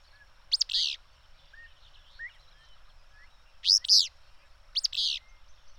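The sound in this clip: Bird: three loud phrases, each two quick notes ending in a scratchy buzz, with faint chirps in the background.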